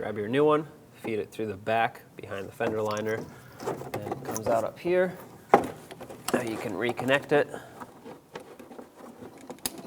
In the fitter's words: There we go, make sure it clicks.